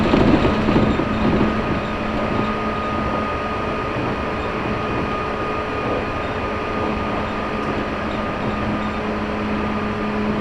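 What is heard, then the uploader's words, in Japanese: A local train on a Japanese line rolls steadily along, heard from inside the carriage. A dense, even rumble of wheels and running gear fills the whole ten seconds, with a low motor hum and thin, steady whines above it; the first second is slightly louder. 中央東線 普通 韮崎→東山梨。韮崎を出てもまだ下り続けて甲府盆地に入ります。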